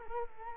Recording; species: mosquito wingbeat signal from an infrared sensor; Culex quinquefasciatus